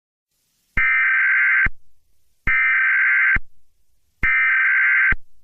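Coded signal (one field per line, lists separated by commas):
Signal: Emergency Alert System (SAME) tones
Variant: header bursts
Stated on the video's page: Fictional EAS scenario using valid tones; not a real alert.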